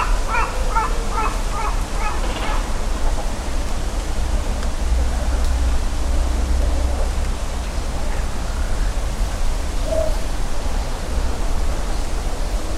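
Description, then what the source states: Great cormorant calls: a rapid series of harsh, pulsed, gargling notes in the first few seconds, then a few scattered quieter croaks over low background rumble. Great cormorant colony beginning to nest at Hayashi, Ritto City, Shiga Prefecture, Japan; EM172 stereo mics fixed to a tree about 30 cm across, Sony ECM-M10 recorder.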